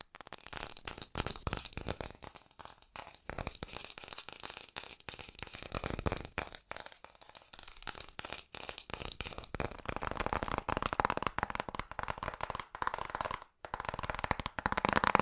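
Fast tapping runs throughout in dense, crisp clicks with brief gaps, growing busier and louder after ten seconds, with short pauses near seven and thirteen seconds.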